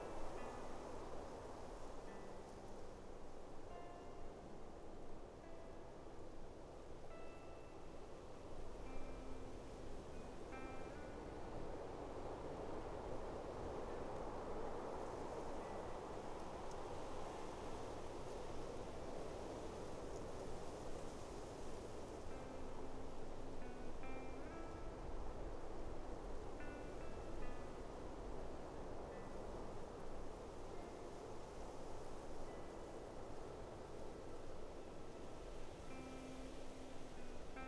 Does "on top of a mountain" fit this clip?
yes